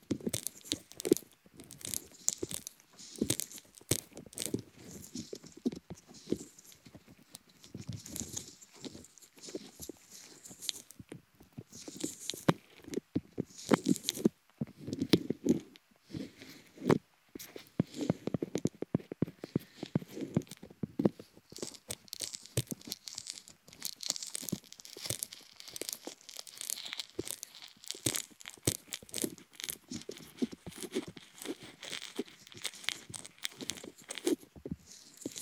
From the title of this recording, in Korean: 귀 간지럽히기